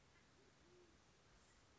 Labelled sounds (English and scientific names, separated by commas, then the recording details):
Band-tailed Pigeon (Patagioenas fasciata)
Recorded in Sonoma County, California